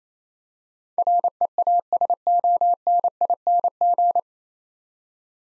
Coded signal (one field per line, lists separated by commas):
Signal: Morse code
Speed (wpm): 28 wpm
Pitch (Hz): 700 Hz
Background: none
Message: REASONING